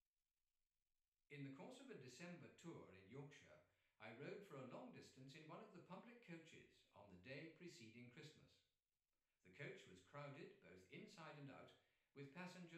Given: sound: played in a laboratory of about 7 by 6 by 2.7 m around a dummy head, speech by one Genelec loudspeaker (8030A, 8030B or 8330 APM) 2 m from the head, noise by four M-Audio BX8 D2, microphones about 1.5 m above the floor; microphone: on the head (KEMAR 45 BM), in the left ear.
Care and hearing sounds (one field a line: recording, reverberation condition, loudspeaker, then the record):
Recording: male speech in English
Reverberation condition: medium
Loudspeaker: behind (180 degrees)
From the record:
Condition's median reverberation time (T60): about 510 ms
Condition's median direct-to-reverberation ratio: about -0.5 dB